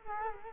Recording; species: mosquito wingbeat signal from an infrared sensor; Culex quinquefasciatus